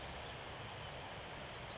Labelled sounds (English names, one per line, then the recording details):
Pacific Wren
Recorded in Sonoma County, California